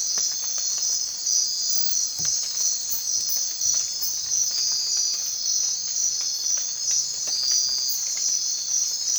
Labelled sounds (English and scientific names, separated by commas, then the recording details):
none
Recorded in secondary vegetation near Puerto Asís, Putumayo, Colombia, on 25 June 2025 at 04:00
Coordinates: 0.499, -76.323
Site G077